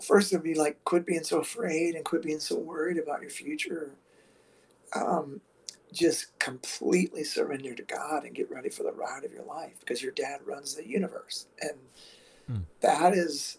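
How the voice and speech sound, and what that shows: An adult man speaks in a low, strained voice, with creaky, rough stretches on many vowels and a few hesitant pauses. This is spasmodic dysphonia, where spasms of the muscles around the vocal cords interrupt and tighten the voice during speech.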